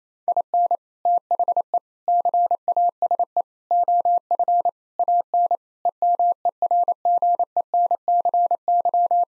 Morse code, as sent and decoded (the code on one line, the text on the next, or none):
.. -. / - .... . / -.-. .- ... . / --- ..-. / .- -. / . -- . .-. --. . -. -.-. -.--
IN THE CASE OF AN EMERGENCY